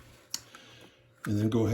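The top plastic shell of a Tecknet M002 mouse, put back together after fixing the scroll wheel, is hooked onto the two front tabs of the mouse base and pushed closed. It snaps shut with a single sharp click at 0.3 s, followed by a fainter tick at 0.6 s, and the shell is seated. Someone talks at the end.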